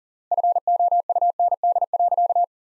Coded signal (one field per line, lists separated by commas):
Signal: Morse code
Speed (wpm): 40 wpm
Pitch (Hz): 700 Hz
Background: none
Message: FOUND.